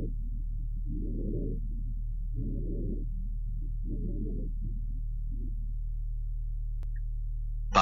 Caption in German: Lungenschall mit Rasselgeräuschen bei einem Fohlen dessen Atmung durch ein Analeptikum angeregt wurde.